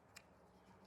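A blue plastic end cap is slid into the back of a Pollak gooseneck/5th wheel wiring plug, after the wires are snapped in, on a harness for an aluminum truck bed on a 2017 Toyota. A short, sharp snap is heard at 0.2 s over a low steady background hum. The cap seats into the plug body.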